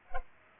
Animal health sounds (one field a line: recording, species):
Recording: mosquito wingbeat signal from an infrared sensor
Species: Culex pipiens